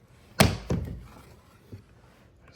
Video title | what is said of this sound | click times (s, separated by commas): Installation Of Z06 Carbon Fiber Ducktail Rear Spoiler 🏁 #c8 #corvette #diy #carbonfiber #chevy | See, it just clicked into place other than the two screws at the bottom. | 0.4 s